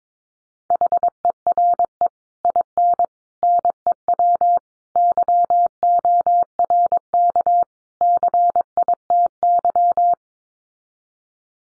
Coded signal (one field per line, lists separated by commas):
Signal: Morse code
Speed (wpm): 22 wpm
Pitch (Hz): 700 Hz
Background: none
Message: HERE IN NEW YORK CITY